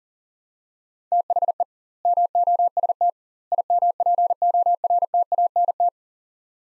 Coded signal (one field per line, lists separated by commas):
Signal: Morse code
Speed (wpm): 37 wpm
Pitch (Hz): 700 Hz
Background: none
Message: THE MOST IMPORTANT